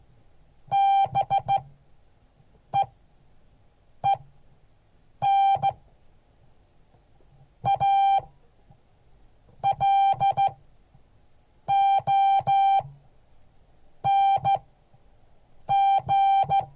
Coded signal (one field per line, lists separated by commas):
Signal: Morse code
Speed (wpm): 15 wpm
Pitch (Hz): 790 Hz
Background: none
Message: BEEN A LONG